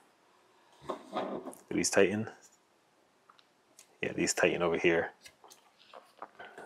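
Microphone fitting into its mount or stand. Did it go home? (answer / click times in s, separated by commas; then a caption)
yes / 6.2 s. A Saramonic SR-MV7000 microphone is pushed into its mount or stand while someone talks, followed by a few faint small clicks and taps. A sharp click at 6.2 s marks the microphone locking into place, so it is seated.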